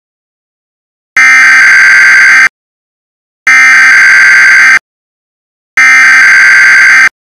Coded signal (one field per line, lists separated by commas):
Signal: Emergency Alert System (SAME) tones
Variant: header bursts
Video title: Halloween Nightmare (EAS Scenario)